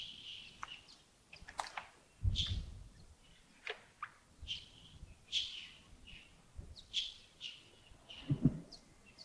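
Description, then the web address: Birds chirping in quick high notes, with a couple of low thumping sounds in the background. Early morning at Yagongding (亚公顶), 28 December 2025, about 07:40. "2025-12-28 亚公顶清晨 251228 074040 birds"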